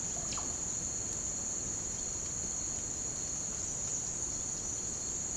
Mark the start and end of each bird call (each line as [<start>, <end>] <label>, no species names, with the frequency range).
[3.54, 5.02] bird call (3.3-9.4 kHz)